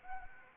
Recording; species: mosquito wingbeat signal from an infrared sensor; Anopheles arabiensis